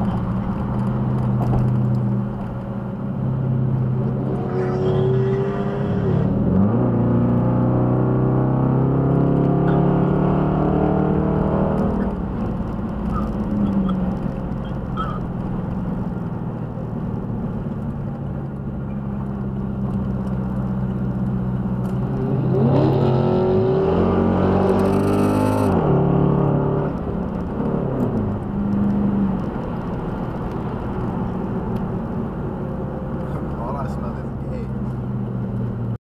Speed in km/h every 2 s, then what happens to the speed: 93, 97, 100, 108, 121, 129, 142, 130, 122, 103, 98, 101, 119, 130, 130, 121, 108, 97.
0-11 speeds up to 142. 11-19 brakes to 98. 22-25 speeds up to 130. 29-36 brakes to 97.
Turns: none.